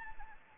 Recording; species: mosquito wingbeat signal from an infrared sensor; Anopheles gambiae